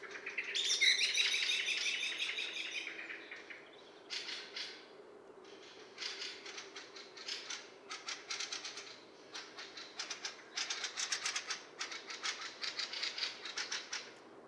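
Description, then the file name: Common blackbird calling: a brief squealing phrase at first, then repeated dry clicking notes in uneven bursts, roughly three per second. "Turdus merula"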